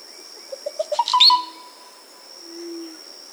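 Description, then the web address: Dusky-green oropendola song: a short series of popping notes that speeds up and rises, ending in a sharp high liquid whistle, followed by a soft low hoot; steady high drone behind. South America. "Natures Songs S America Dusky-Green Oropendola"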